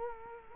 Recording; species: mosquito wingbeat signal from an infrared sensor; Culex quinquefasciatus